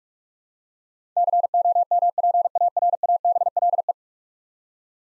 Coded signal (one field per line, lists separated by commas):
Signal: Morse code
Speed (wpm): 45 wpm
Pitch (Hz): 700 Hz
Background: none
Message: COMPARABLE